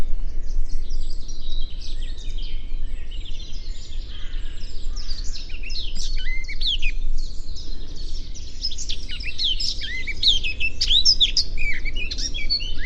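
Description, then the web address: Eurasian blackcap song: a long, continuous stream of varied chattering and clear whistled notes, densest near the end, set against a steady low hum of background noise. "cianscape birddata Deverinetal 2025"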